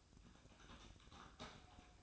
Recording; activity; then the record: daily activity, microphone in the room; typing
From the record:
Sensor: 2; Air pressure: 1007.5 hPa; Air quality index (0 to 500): 43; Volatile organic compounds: 1 ppm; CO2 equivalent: 549 ppm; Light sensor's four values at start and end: 9/23/9/10 and 9/22/9/10